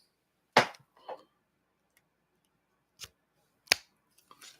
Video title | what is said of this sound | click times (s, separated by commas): BRIAN BUILDS A Lego TALLNECK (Horizon: Forbidden West0 76989, pt 4 | then these are going to lock into this side again that lock but you'll hear click | 0.6 s, 3.7 s